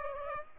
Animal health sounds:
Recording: mosquito wingbeat signal from an infrared sensor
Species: Aedes aegypti

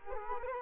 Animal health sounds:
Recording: mosquito wingbeat signal from an infrared sensor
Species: Culex quinquefasciatus

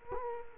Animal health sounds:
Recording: mosquito wingbeat signal from an infrared sensor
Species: Culex quinquefasciatus

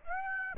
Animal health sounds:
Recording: mosquito wingbeat signal from an infrared sensor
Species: Aedes aegypti

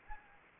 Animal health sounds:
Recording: mosquito wingbeat signal from an infrared sensor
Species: Anopheles gambiae

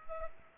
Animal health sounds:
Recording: mosquito wingbeat signal from an infrared sensor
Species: Culex pipiens

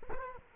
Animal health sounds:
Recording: mosquito wingbeat signal from an infrared sensor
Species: Culex quinquefasciatus

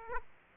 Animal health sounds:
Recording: mosquito wingbeat signal from an infrared sensor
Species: Aedes aegypti

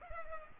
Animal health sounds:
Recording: mosquito wingbeat signal from an infrared sensor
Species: Culex pipiens

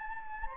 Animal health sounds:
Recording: mosquito wingbeat signal from an infrared sensor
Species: Anopheles gambiae

